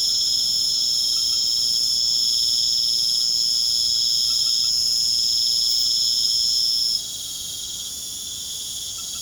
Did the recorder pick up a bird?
no